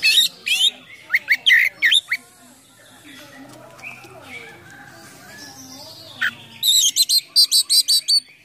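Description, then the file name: Oriental magpie-robin song in bursts of sharp, rapidly repeated chirps and whistles, a quieter varied stretch in the middle, then another fast run of chirps. Full, continuous 'gacor' song packed with imitations of other sounds ('full isian mewah'). "KACER GACOR FULL ISIAN MEWAH"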